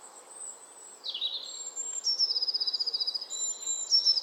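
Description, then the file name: Eurasian blue tit giving a high note that slides downward, then a sharp high whistle and a quick ringing trill, repeated at the end. "Cyanistes caeruleus"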